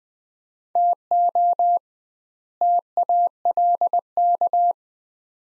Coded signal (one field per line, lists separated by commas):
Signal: Morse code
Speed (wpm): 20 wpm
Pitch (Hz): 700 Hz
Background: none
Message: TO TALK